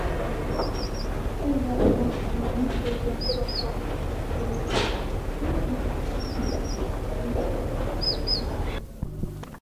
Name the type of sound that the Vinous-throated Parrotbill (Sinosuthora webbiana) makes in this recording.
call